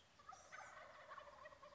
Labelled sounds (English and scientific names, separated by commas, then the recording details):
Wild Turkey (Meleagris gallopavo)
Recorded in Sonoma County, California